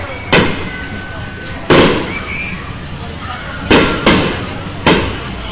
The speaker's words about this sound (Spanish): Y ya están lanzando los cohetes de vara. Se alcanzan a ver, fíjate.